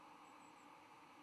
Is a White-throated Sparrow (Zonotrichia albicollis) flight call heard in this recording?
no